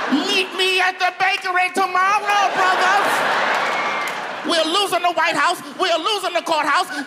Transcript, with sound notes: Meet me at the bakery tomorrow, brothers.
(LAUGHTER)
We're losing the White House. We're losing the courthouse.